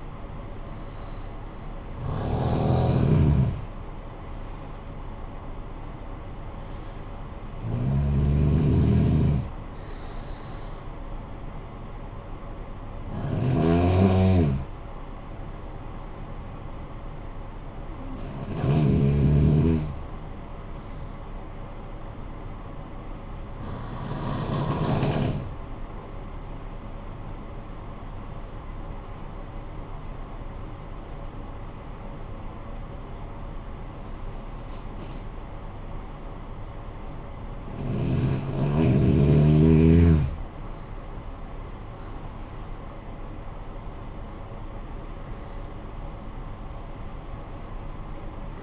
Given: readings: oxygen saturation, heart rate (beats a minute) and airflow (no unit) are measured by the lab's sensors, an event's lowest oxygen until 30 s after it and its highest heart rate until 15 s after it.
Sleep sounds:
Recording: breathing in sleep by a smartphone at the bedside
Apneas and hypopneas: 1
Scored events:
17.00-38.10 s: hypopnea (N1, oxygen 96% highest, then 87% lowest, heart rate 52 at the start, 63 highest)
21.00-48.63 s: new sleep stage, N2 (light sleep)
From the record:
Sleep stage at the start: N1 (lightest sleep)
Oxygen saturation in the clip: 90 to 96%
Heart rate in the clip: 51 to 67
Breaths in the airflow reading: 9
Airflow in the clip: -14.6 to 11.5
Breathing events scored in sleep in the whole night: 445 in 7.6 hours asleep

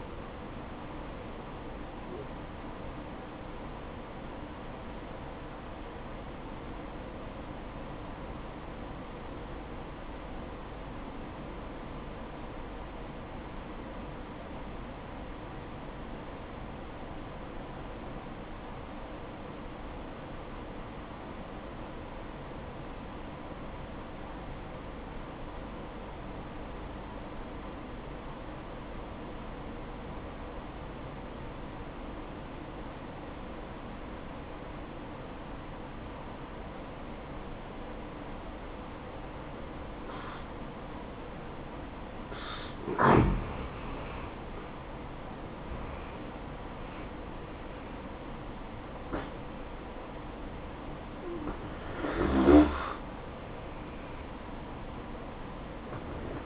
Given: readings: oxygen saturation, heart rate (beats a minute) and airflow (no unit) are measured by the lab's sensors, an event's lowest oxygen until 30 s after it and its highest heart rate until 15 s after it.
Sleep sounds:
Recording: breathing in sleep by a voice recorder at the bedside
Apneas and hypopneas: 1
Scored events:
5.00-44.00 s: obstructive apnea (N2, oxygen 95% highest, then 84% lowest, heart rate 64 at the start, 69 highest)
5.00-56.46 s: new sleep stage, N1 (lightest sleep)
From the record:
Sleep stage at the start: N2 (light sleep)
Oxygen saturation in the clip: 85 to 95%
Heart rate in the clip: 58 to 73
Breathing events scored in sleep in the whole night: 573 in 9.8 hours asleep

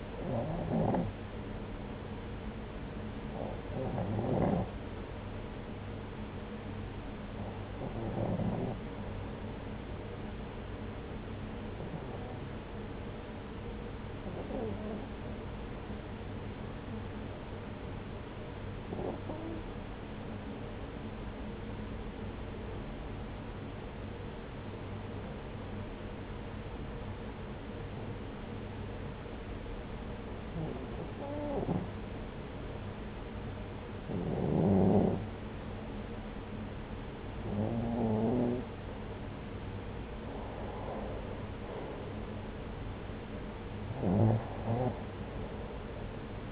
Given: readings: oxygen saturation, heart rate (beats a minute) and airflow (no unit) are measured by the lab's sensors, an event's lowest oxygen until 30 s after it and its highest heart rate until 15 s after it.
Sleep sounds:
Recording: breathing in sleep by a voice recorder at the bedside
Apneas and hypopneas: 1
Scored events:
12.00-38.70 s: hypopnea (REM, oxygen 96% highest, then 92% lowest)
From the record:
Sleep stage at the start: REM sleep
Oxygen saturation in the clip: 92 to 96%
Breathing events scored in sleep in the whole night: 303 in 8.1 hours asleep

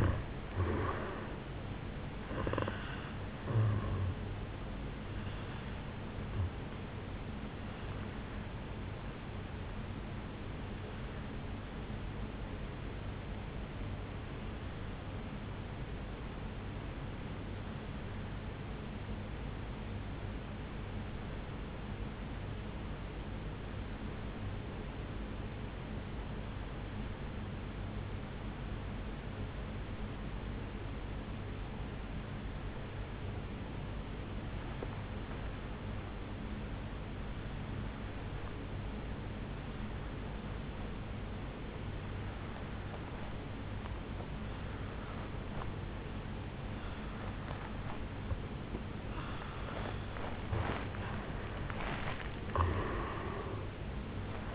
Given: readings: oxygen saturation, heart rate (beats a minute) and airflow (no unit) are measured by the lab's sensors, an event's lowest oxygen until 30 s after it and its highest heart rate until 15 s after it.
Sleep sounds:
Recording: breathing in sleep by a voice recorder at the bedside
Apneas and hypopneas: 1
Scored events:
5.00-54.55 s: new sleep stage, N2 (light sleep)
14.00-49.00 s: obstructive apnea (N2, oxygen 96% highest, then 84% lowest, heart rate 55 at the start, 76 highest)
From the record:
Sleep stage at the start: N1 (lightest sleep)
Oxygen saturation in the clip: 82 to 96%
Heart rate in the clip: 53 to 76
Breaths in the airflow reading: 4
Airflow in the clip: -12.2 to 10.1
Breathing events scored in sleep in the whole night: 449 in 7.0 hours asleep

